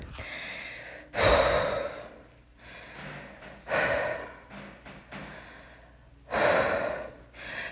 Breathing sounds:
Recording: deep breathing after running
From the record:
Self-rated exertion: moderate exertion (3 of 6)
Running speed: 5 miles an hour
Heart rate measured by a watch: 166 beats a minute at the start, 164 at the end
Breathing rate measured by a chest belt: 17 breaths a minute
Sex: female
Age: 18 years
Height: 171 cm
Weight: 75 kg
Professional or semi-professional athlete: no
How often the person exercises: 1 to 2 times a week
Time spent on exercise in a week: under 1 hour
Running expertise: no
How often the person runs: 1 to 2 times a week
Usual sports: running, fencing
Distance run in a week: 3 km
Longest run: 21.3 km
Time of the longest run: 190 minutes

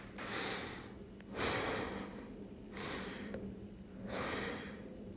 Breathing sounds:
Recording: deep breathing after running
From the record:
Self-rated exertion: light exertion (2 of 6)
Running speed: 5 miles an hour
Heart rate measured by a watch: 105 beats a minute at the start, 102 at the end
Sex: female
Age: 18 years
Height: 162 cm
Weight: 62 kg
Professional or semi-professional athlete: no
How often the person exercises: 1 to 2 times a week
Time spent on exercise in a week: under 1 hour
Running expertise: no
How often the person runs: under once a week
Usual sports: walking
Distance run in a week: 2 km

